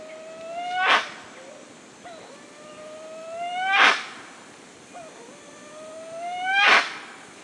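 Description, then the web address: Spix's guan calling three times, about three seconds apart. Each call is a rising, drawn-out whistle that ends in a loud, harsh honk. Recorded in Peru. "Birds of the Amazon. Spix's Guan (Penelope jacquacu), Peru"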